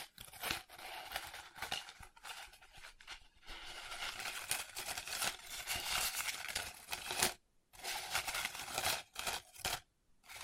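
Paper is crinkled, rubbed and scratched in busy bursts with sharp crackles, easing briefly near seven seconds before more rustling and a final pause.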